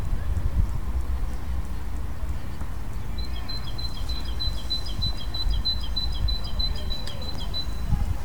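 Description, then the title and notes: Bird song as a thin, high, evenly repeated series of short notes lasting several seconds, over steady low background noise. Recorded during the solar eclipse of 20 March 2015. "Grabación del canto de un pájaro durante el eclipse del 20 de marzo de 2015"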